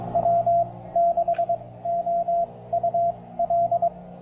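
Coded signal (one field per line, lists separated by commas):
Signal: Morse code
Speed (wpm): 22 wpm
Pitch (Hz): 680 Hz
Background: radio noise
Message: W6OUL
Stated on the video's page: Park activation on 20 and 40 meters with an Elecraft K1 QRP rig, including a park-to-park contact.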